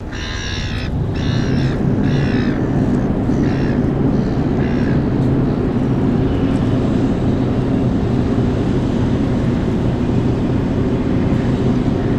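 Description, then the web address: Gulls giving harsh, harmonic squawks in short bursts over the first five seconds, then fading out beneath a loud, steady low rumble of heavy machinery. Gulls over the ocean beside an operating dredger. "Foundation 1 AMBIENCE DREDGER OPERATING OCEAN GULLS"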